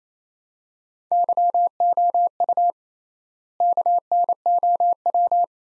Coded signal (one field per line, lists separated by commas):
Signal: Morse code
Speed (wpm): 28 wpm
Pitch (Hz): 700 Hz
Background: none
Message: YOU KNOW